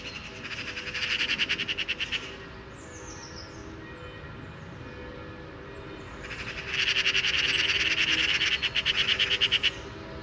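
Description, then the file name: Eurasian magpie chattering in two fast harsh rattles separated by a pause, during which a faint thin descending whistle is heard. "Pica pica"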